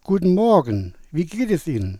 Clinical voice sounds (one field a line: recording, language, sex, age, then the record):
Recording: spoken sentence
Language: German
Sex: male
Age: 60 to 69 years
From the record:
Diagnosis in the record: healthy voice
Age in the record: 65 years